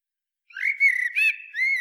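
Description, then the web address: Common blackbird song: one smooth, flowing fluty phrase of mellow whistles, cut off at the end. "SETE Turdus merula"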